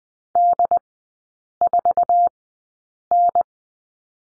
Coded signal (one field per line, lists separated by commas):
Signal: Morse code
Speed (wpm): 20 wpm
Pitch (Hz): 700 Hz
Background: none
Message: D4N